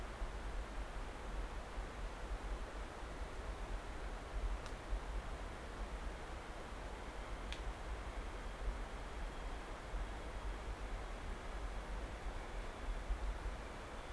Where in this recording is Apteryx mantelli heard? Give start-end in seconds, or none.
5.14-14.12